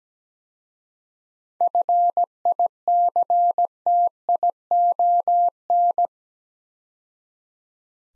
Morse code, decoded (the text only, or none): FICTION